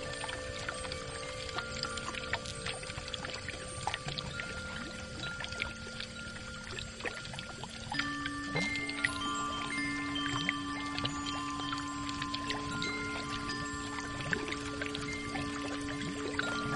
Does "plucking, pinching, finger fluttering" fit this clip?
no